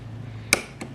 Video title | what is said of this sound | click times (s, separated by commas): Best Rear Passenger Foot Peg Upgrade for GSXR 1000 | There we go, snapped in place. | 0.5 s